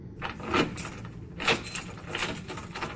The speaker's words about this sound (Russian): Замок щелкнул так же, как что-то щелкнуло у Игоря в груди.